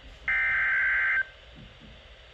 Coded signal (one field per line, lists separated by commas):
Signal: Emergency Alert System (SAME) tones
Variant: header bursts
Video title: SVR for Anne Arundel, Calvert, and Prince Georges (MD) (EAS #483)